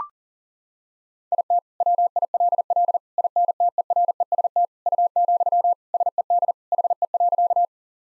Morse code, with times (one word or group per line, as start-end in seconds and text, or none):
1.3-1.6 IT
1.8-3.0 WILL
3.2-4.7 INTEREST
4.9-5.7 U,
5.9-6.5 SED
6.7-7.7 HE.